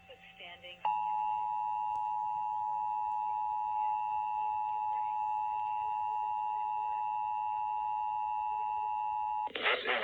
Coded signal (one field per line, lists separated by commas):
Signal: Emergency Alert System (SAME) tones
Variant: 853 and 960 Hz attention tone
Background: speech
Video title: YOU'RE WINNER🏆(EAS #78-79) RHODE ISLAND Required Monthly Test